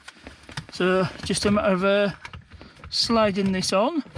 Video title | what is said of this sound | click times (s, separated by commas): BROKEN rear centre vent replaced - 2009 Mercedes-Benz W204 C200 Part 16 | let's have Auckland goes in like so there we go you're that click | 0.6 s